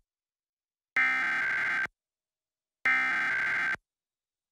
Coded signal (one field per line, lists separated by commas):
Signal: Emergency Alert System (SAME) tones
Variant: header bursts